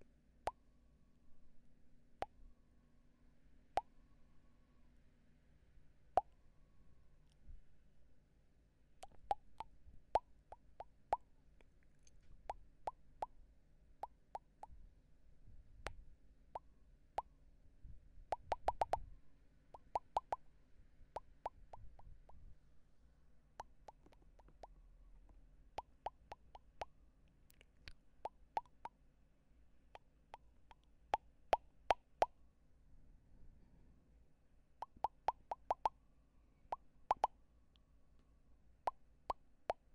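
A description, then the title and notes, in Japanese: Mouth sounds: a steady run of short, wet pops and clicks, a few per second, some sharp and bright, others softer. They come close to the microphone, with brief pauses between clusters, over a quiet low hum in the background. 戳戳你的眼睛 | 口腔音×視覺觸發 | MouthSounds | Visual Triggers | NO Talking。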